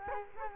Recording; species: mosquito wingbeat signal from an infrared sensor; Culex quinquefasciatus